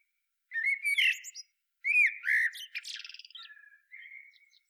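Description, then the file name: Eurasian blackbird song: two fluty warbled phrases, the second ending in a rapid high chattering trill and a soft drawn-out whistle. "Turdus merula"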